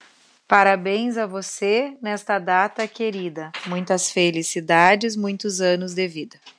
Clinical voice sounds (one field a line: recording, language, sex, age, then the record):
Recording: short text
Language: Brazilian Portuguese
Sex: female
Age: 40 to 49 years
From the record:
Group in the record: control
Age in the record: 43 years